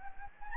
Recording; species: mosquito wingbeat signal from an infrared sensor; Anopheles gambiae